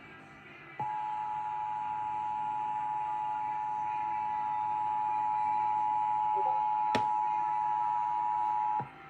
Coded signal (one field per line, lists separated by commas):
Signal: Emergency Alert System (SAME) tones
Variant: 853 and 960 Hz attention tone